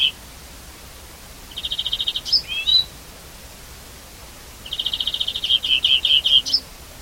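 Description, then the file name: European greenfinch giving a rapid rattling trill with a brief slurred note, then after a pause a longer trill flowing into repeated rolling chirps. "Chloris chloris"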